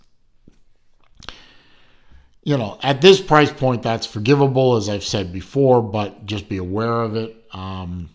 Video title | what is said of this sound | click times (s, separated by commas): Unboxing & Review: Szanto Dive Watch (RR Tour Watch) | a little past it and then kick it back and it locks into place | 1.2 s, 1.3 s